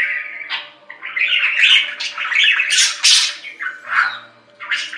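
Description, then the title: Budgerigar chattering almost without a break, mixing grating squawks with brief chirps. "Budgie Sounds"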